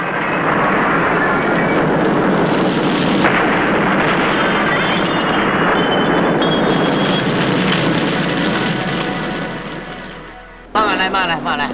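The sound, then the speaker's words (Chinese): A loud gas explosion, after the gas was left turned on in a home, erupts into a dense, roaring rumble that holds for several seconds and gradually fades, before cutting abruptly to a different, brighter sound near the end. “在爆炸时躲在沙发底下，才幸免于死。”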